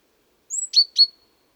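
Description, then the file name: Great tit call, one phrase: a high whistle then two quick clipped notes dropping in pitch, on a silent background. "Parus major"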